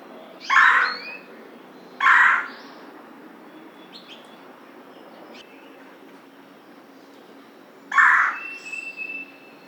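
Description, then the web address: Red-bellied woodpecker calling with rough, rolling kwirr notes, two in quick succession and a third after a long pause, with faint soft chips between. Recorded 14 June 2009. "Red-bellied Woodpecker 2009 06 14"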